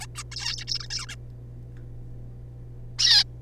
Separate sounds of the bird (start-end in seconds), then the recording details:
0.01-0.06, 0.15-0.23, 0.32-0.64, 0.67-0.79, 0.80-0.88, 0.90-1.06, 1.07-1.08, 1.09-1.16, 2.99-3.24. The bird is a juvenile. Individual R3549